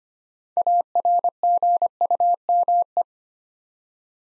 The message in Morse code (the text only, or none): ARGUME